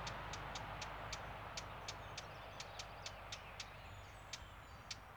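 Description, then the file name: Eurasian blackcap calls as short hard ticks, several a second and somewhat irregular, against a broad droning background noise. "Sylvia atricapilla"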